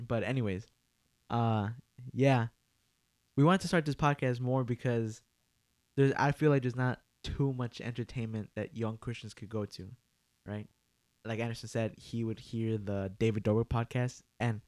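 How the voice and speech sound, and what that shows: Adult man talking casually, fluent with ordinary pauses and low, steady pitch; normal speech.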